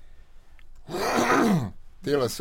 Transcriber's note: clears throat